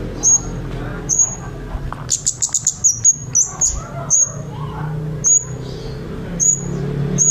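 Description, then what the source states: Songbird song: sharp, very high chirps repeated at intervals, with a quick burst of rapid notes near the two-second mark, over a low steady hum. Complete songbird sounds, used for training cage birds.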